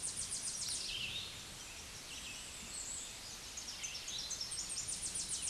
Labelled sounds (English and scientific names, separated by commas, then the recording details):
Tennessee Warbler (Leiothlypis peregrina) song
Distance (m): 30 m
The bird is about 15 m above the microphone
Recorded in a Pennsylvania forest on 16 May 2024 at 08:56
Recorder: AudioMoth, point MSD-2107
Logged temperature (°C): 16.1 °C
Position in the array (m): 30 m, 151 m